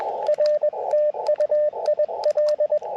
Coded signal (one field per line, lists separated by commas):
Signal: Morse code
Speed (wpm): 22 wpm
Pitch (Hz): 600 Hz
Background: radio noise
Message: R TU IL